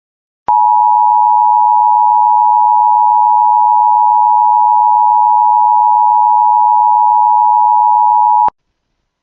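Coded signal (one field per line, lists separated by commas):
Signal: Emergency Alert System (SAME) tones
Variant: 853 and 960 Hz attention tone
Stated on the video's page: Recreation of a real EAS alert, using audio from an alert repository.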